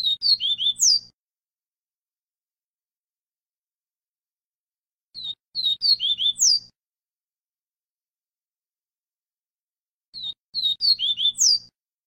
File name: Canto do papa capim viviti